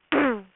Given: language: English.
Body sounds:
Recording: throat vibration sensor signal played as sound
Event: throat clearing

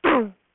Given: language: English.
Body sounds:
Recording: throat vibration sensor signal played as sound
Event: throat clearing

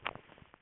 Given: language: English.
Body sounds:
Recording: throat vibration sensor signal played as sound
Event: swallow

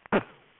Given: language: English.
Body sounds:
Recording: throat vibration sensor signal played as sound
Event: cough

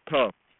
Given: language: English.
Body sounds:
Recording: throat vibration sensor signal played as sound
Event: speech

